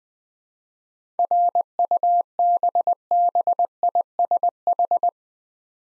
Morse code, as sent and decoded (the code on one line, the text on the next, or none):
.-. ..- -... -... .. ... ....
RUBBISH